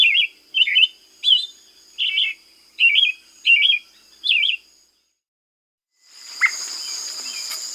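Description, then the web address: Black-billed thrush song of seven short, twisting whistled phrases about 0.7 seconds apart, followed by a burst of hissing noise. South America. "Natures Songs S America Black-billed Thrush"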